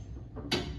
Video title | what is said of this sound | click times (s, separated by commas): Vel Phillips weight room | There, locked into place. | 0.5 s